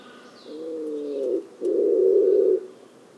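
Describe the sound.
Bird call in two low parts: a hooting note with faint overtones, then a rougher, breathy note of about a second, with faint high chirps behind.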